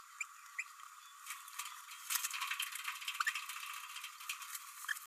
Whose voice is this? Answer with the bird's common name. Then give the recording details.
Green-rumped Parrotlet. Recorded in a nest box in Venezuela. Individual 18B104A3